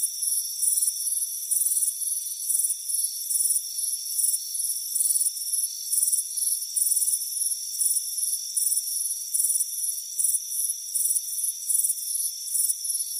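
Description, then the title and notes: Crickets chirping in a dense, high-pitched chorus, bursts of pulsed trills one or two a second over a steady thin ringing hum, with no other sounds. Chirping crickets on a warm afternoon at a front porch. "Soothing Crickets Chirping Sound. It's a warm afternoon as you relax in a hammock on the front porch"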